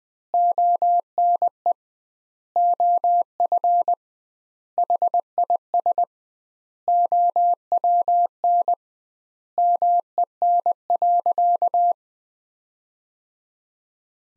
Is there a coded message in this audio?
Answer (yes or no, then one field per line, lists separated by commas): yes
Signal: Morse code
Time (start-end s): 0.3-11.9 s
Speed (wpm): 20 wpm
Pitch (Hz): 700 Hz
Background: none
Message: ONE OF HIS OWN MEN.